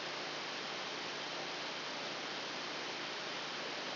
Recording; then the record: brain microelectrode recording played as sound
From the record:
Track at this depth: outside the subthalamic nucleus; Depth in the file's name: 0.115 mm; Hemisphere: left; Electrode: 2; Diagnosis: Parkinson's disease